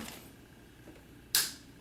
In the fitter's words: you hear it click that's